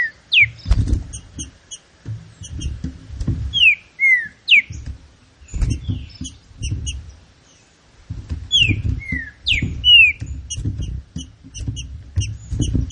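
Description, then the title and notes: Green-winged saltator whistling bright downslurred phrases several times, over quick high twittering and dull low bumps. Classic song style of the green-winged saltator, presented for training. "Canto Clássico Trinca Ferro TREINAMENTO. trinca fero"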